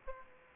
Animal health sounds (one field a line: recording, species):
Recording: mosquito wingbeat signal from an infrared sensor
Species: Aedes aegypti